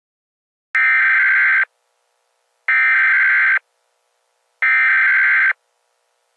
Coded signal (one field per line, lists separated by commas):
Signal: Emergency Alert System (SAME) tones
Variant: header bursts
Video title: (EAS) Tornado Warning Sound Effect (Free To Use)